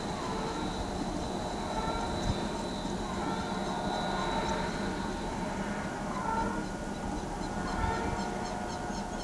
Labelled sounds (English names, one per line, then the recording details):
Southern Lapwing
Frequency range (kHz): Southern Lapwing 3.0-8.1 kHz
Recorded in pastures near Pivijay, Magdalena, Colombia, on 17 April 2023 at 11:30
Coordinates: 10.456, -74.369
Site P6-G026